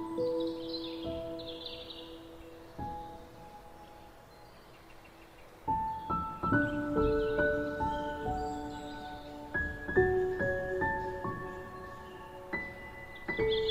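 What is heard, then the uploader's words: Soft guitar notes ring out and linger, sparse for the first six seconds, then fuller and more overlapping, with faint high chirps behind. Guitar Music with Birds Singing.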